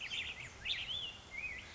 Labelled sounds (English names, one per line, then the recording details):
Black-headed Grosbeak
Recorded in Sonoma County, California